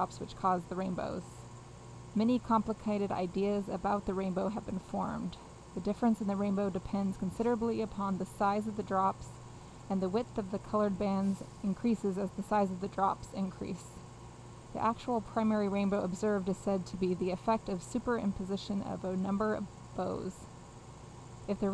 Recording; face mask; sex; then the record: reading aloud; surgical mask; female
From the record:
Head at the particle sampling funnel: facing it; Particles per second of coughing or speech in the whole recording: 0.0679